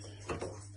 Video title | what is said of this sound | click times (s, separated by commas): Aura Cebilon Pro Water Filter – DIY Installation Guide | It just pops out like that in the bin. | 0.3 s